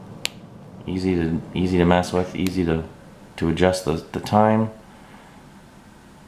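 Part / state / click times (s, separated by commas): small metal watch crown / released / 0.2 s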